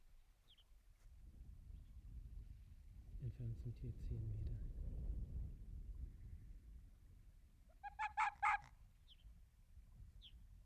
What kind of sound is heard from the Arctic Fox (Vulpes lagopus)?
barking